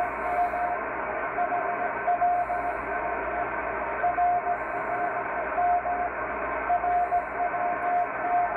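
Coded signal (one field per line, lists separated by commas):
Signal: radio time signal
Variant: RWM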